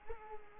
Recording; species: mosquito wingbeat signal from an infrared sensor; Culex quinquefasciatus